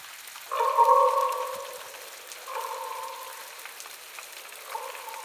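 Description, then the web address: Raven with three drawn-out, harsh croaks, the first loudest and the later ones fainter, against a constant crackle of background noise. "WSPDatabase Analysis DVD Raven Raven"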